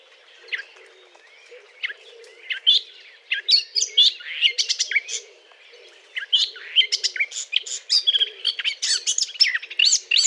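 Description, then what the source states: Eurasian blackcap song: fast, varied warbling of sharp chirps and whistled notes, starting with scattered notes then building into dense bursts, over a faint low hum. Courtship song; recording dated 20 April 2009.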